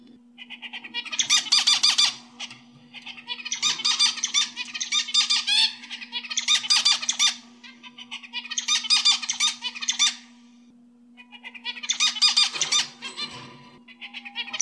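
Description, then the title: Oriental magpie-robin song: bursts of rich, varied, high warbling phrases lasting a second or two each, separated by short pauses, over a steady low hum. "Kicau Kacer"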